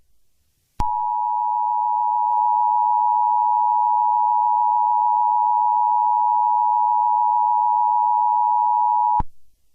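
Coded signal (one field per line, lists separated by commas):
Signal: Emergency Alert System (SAME) tones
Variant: 853 and 960 Hz attention tone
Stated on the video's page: Fictional EAS scenario, a simulated alert rather than a real broadcast.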